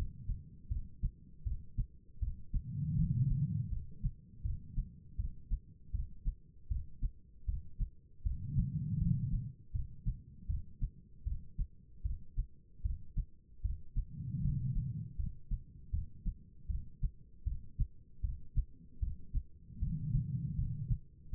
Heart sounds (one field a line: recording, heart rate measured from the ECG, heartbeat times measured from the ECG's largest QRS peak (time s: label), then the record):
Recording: heart sounds by stethoscope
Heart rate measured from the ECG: 79 bpm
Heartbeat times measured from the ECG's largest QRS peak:
0.69 s: heartbeat
1.44 s: heartbeat
2.20 s: heartbeat
2.96 s: heartbeat
3.70 s: heartbeat
4.43 s: heartbeat
5.17 s: heartbeat
5.92 s: heartbeat
6.69 s: heartbeat
7.46 s: heartbeat
8.23 s: heartbeat
8.99 s: heartbeat
9.72 s: heartbeat
10.47 s: heartbeat
11.24 s: heartbeat
12.03 s: heartbeat
12.82 s: heartbeat
13.62 s: heartbeat
14.42 s: heartbeat
15.17 s: heartbeat
15.91 s: heartbeat
16.67 s: heartbeat
17.44 s: heartbeat
18.21 s: heartbeat
19.00 s: heartbeat
19.80 s: heartbeat
20.56 s: heartbeat
21.31 s: heartbeat
From the record:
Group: healthy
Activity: rest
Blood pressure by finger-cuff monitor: 166/119 mmHg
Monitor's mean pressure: 135 mmHg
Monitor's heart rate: 79 bpm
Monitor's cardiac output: 4.2 L/min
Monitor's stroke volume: 53 mL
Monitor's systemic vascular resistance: 2370 dyn s/cm5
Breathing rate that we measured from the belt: 11 breaths a minute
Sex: female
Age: 51 years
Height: 162 cm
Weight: 70.04 kg